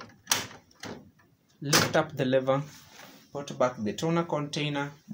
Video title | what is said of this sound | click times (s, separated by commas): #BEST VIDEO ON KYOCERA ECOSYS M4125 SERIES (MFP) | then you lock this part | 0.3 s